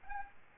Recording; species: mosquito wingbeat signal from an infrared sensor; Aedes albopictus